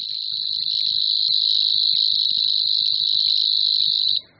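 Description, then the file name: Savi's warbler song: a steady, high, insect-like buzzing reel running for about four seconds before stopping abruptly. "Cvrčilka-slavíková"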